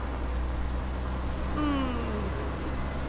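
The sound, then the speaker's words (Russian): A car rolls slowly along a road with a steady low engine rumble and road noise, and a brief descending whine sweeps through partway before the hum carries on evenly. “Автомобиль медленно движется по дороге.”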